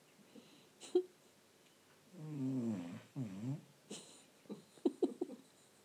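A pet cat named Trinnie snoring, with a rumbling, harmonic snore that sounds like an old man snoring.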